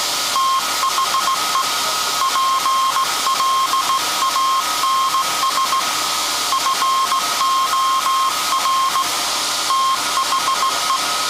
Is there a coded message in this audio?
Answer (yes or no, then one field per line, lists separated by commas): yes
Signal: Morse code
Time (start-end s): 0.4-11.0 s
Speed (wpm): 17 wpm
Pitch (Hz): 1070 Hz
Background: none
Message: THE PLANS FOR THE